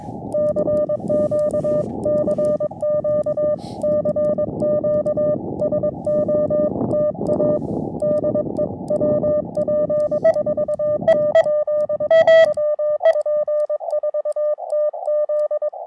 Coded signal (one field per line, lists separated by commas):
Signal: Morse code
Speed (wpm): 22 wpm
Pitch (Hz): 600 Hz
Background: music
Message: CQ CQ CQ SOTA DE WP4TZ WP4TZ